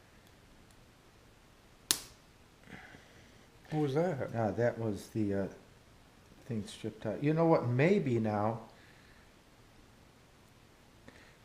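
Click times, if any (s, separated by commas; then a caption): 11.1 s. A set screw is tightened to fix a flexible extension shaft coupling onto a rotary die grinder while someone talks, with a loud sharp snap near 1.9 s. A small sharp sound comes at 11.1 s as the set screw strips while tightening.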